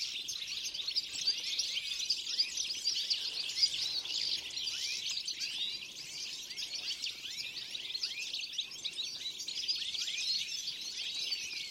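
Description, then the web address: Dense bird chatter of high, quick chirps and falling notes, continuous throughout with only small dips in loudness. "Deverinetal"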